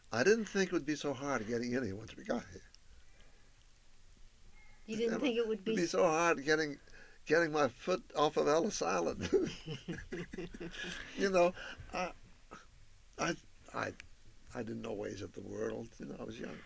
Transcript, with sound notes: I didn't think it would be so hard in getting in once we got here.
You didn't think it would be —
Be so hard getting, getting my foot off on Ellis Island. [Laughs] You know, I, I, I didn't know the ways of the world when I was young.